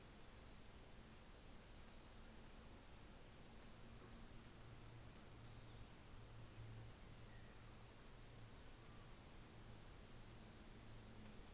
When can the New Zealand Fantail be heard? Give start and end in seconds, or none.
none